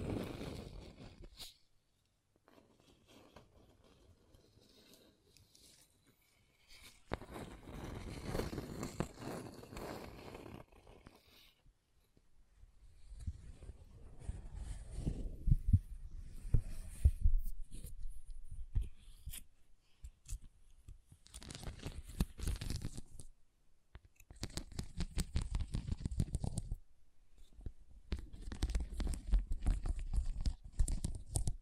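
Scratching and tracing come in irregular bursts of dry, rough friction, near and close, separated by silent pauses, louder in the second half.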